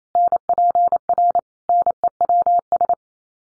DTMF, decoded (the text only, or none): none